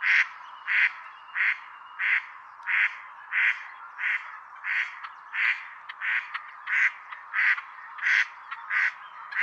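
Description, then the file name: Mallard giving a long run of rasping quacks, fifteen in a row at an even, brisk pace of roughly one and a half per second, with low background noise. Female; call. "krzyzowka peter boesman. wilde eend. roep wijfje"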